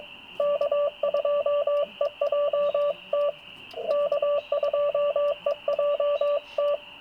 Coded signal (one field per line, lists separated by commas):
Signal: Morse code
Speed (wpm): 22 wpm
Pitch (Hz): 580 Hz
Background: radio noise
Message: K2EJT K2EJT